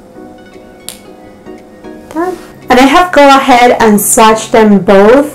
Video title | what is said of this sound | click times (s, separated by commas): HOURGLASS SCULPTURE Collection AMBIENT LIGHTING EDIT MINI UNLOCKED + CONFESSION DUO Review Swatches | put it in until it clicks | 0.9 s